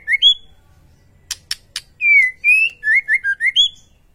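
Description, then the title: White-rumped shama whistled song: a short upslurred pair, three dry clicks, then a long phrase of sliding whistles and rapid choppy notes. Cage-bird masteran training track, song described as full ngerol nembak. "Masteran Murai Batu Full Ngerol Nembak"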